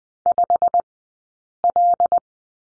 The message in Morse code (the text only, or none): 5L